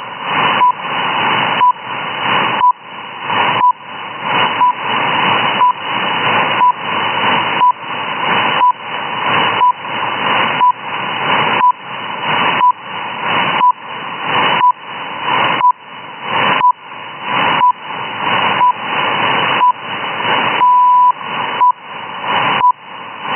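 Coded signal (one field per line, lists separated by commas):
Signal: radio time signal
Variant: RWM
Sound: short one-kilohertz beeps once per second through hiss, then one longer beep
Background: radio static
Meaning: The longer tone marks the start of a minute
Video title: RWM, accurate time signals.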